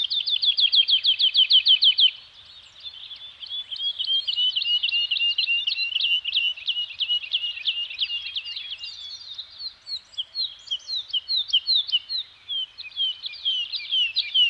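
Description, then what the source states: Bird song: a fast rattling trill opens, followed by steady high twittering and chirps that continue through to the end. Nature soundscape of a Scandinavian forest environment with birds singing.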